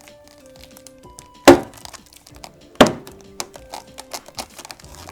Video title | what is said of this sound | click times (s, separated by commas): Ford Superduty Headlight Upgrade - DWVO Headlight Assembly | hear it snap into place and then we'll replace the screws | 1.5 s, 2.8 s